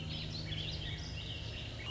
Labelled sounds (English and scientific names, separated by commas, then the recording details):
Warbling Vireo (Vireo gilvus)
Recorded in Sonoma County, California